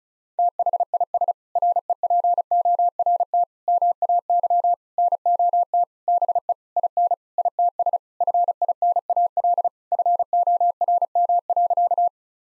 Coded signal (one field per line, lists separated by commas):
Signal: Morse code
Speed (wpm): 34 wpm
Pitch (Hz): 700 Hz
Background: none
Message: THIS REPORT MAY NOT BE IN ITS FINAL FORM.